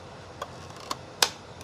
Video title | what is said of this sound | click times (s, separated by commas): LIVE on the Road - New Car Unboxing!? | that little click right there oh I like that so | 1.2 s